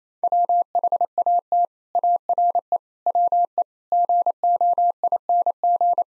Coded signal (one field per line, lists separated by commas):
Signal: Morse code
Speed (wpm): 28 wpm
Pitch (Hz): 700 Hz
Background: none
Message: WHAT ARE WE GOING